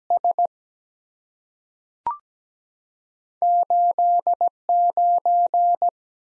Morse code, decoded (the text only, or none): S 8 9